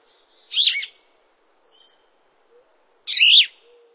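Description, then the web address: Plumbeous vireo song: two short, burry, slurred phrases about two and a half seconds apart, with silence between them. North America. "Songs of Birds of North America Stokes. Plumbeous Vireo"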